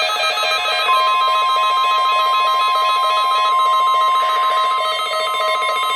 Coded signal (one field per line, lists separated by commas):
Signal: Emergency Alert System (SAME) tones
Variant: 1050 Hz attention tone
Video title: [Fail WR300 #1] Required Weekly Test EAS#80